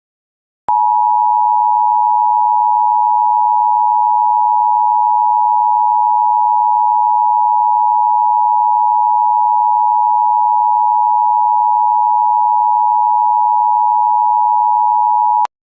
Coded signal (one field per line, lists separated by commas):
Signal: Emergency Alert System (SAME) tones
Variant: 853 and 960 Hz attention tone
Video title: EAS Amber Alert For Mikesburg (1/3/26)